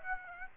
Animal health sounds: mosquito wingbeat signal from an infrared sensor; Aedes aegypti

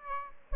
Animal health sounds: mosquito wingbeat signal from an infrared sensor; Aedes aegypti

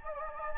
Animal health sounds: mosquito wingbeat signal from an infrared sensor; Anopheles gambiae

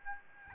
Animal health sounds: mosquito wingbeat signal from an infrared sensor; Aedes albopictus

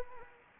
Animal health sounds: mosquito wingbeat signal from an infrared sensor; Anopheles arabiensis

